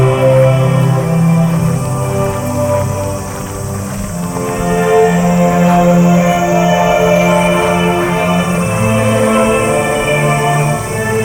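A field recording at Yasukuni Shrine in Tokyo: a dense, steady wash of sustained low tones, layered like many humming voices, with pitches shifting every second or two. The level stays constant throughout, with a faint thin whine high above.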